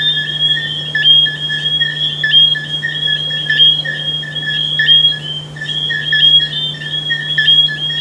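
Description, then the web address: Frogs calling in a busy chorus, quick ringing notes stacked and overlapping, accompanied by a constant low hum. "humbot audio frogs"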